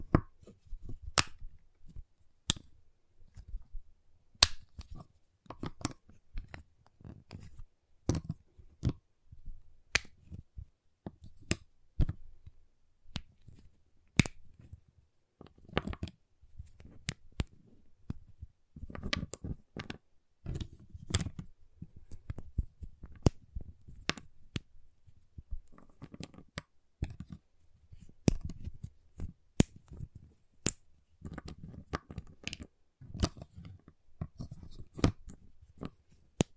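A giant chocolate bar is tapped, cut and snapped in a steady run of sharp, dry clicks and cracks across the whole clip. The hits come irregularly but densely, some crisp and bright, others duller knocks, with brief quiet gaps between bursts.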